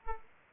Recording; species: mosquito wingbeat signal from an infrared sensor; Aedes aegypti